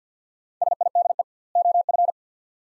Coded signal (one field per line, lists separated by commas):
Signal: Morse code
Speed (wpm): 50 wpm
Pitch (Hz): 700 Hz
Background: none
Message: SIDE OF